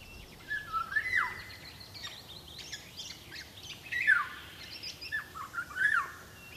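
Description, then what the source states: Eurasian golden oriole whistling: three mellow, yodelling phrases that swoop up and down, a few seconds apart, over a busy background of high twittering birds. Last Finnish part of Ladoga Karelia, Simpele and Parikkala, Finland; the whistle song is locally rendered as 'Onko piijalla vilu?' ('Is the maid cold?').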